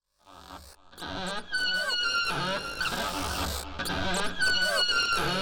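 Whale calls: a silent start, then drawn-out harmonic whistles, some gently descending, amid busy clicking and low rumbling.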